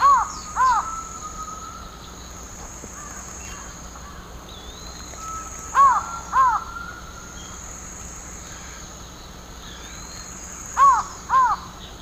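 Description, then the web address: Castelnau's Antshrike calling: paired nasal cawing notes repeated about every five seconds, three pairs in all, over a constant high insect-like hiss. Call, from the eastern lowlands of South America. "ENTER Music and Audio. Nature Songs S America Eastern Lowlands. Thamnophilus cryptoleucus, call"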